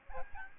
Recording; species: mosquito wingbeat signal from an infrared sensor; Aedes albopictus